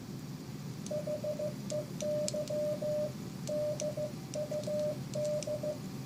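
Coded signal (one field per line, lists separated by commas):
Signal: Morse code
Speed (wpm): 14 wpm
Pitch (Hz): 600 Hz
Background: radio noise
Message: HEY DUD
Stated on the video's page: Morse sent on a homemade key built from thrift store finds.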